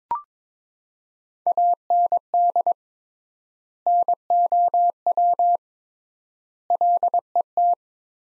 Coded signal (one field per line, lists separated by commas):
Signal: Morse code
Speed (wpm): 22 wpm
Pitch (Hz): 700 Hz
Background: none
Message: AND NOW LET